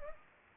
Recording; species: mosquito wingbeat signal from an infrared sensor; Anopheles gambiae